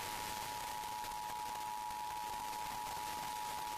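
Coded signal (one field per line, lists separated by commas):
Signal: Emergency Alert System (SAME) tones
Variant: 853 and 960 Hz attention tone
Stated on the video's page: Required monthly tests received on Los Angeles broadcast stations.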